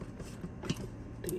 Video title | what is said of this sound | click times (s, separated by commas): 2004-2015 Nissan Titan - How to Change Starter | Hear it pop on | 1.3 s